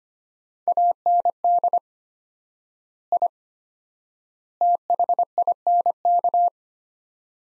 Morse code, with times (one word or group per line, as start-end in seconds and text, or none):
0.7-1.8 AND
3.1-3.3 I
4.6-6.5 THINK